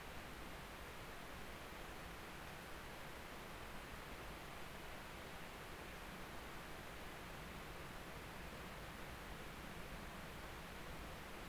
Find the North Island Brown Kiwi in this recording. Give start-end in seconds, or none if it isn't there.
none